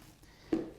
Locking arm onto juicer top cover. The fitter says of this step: at this point lock in the arm